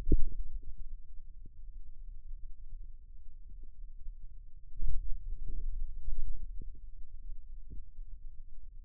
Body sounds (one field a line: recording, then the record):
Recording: forearm muscle sounds (acoustic myography)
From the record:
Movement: finger pinch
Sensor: system 2, bracelet of six BSWA MPA416 microphones around the upper forearm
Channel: 6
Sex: male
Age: 22 years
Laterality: right